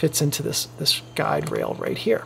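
A removable focusing prism for an original Canon F-1 film SLR camera body is lined up with the body's guide rail while someone talks. Nothing has seated or clicked yet; the clip ends just before the prism is pushed home.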